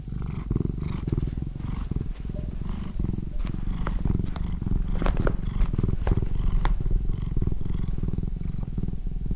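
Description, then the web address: Tonkinese cat purring, a continuous low rumbling vibration with occasional faint clicks. "Sound Effects-Foundation 1 ANIMAL CAT TONKINESE PURR"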